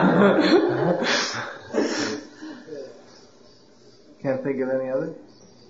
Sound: devotees laughing

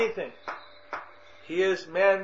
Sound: clapping

